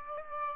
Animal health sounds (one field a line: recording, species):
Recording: mosquito wingbeat signal from an infrared sensor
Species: Aedes aegypti